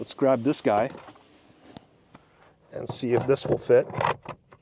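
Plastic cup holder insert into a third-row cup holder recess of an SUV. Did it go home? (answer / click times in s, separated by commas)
no / none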